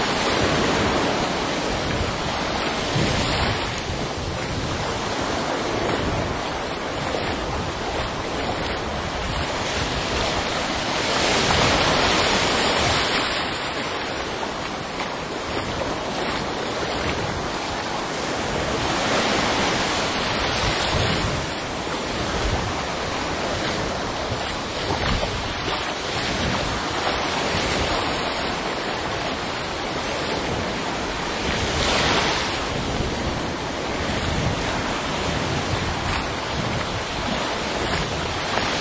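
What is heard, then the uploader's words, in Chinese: Walking through ocean waves: a dense, steady wash of surf fills the whole clip, rushing and hissing without pause. Brighter swells of water surge up now and then, around 12, 20 and 32 seconds, over a constant low rumble, with some wind buffeting. 行走在海浪中。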